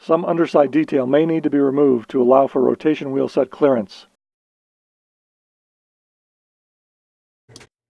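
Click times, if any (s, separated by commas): 7.6 s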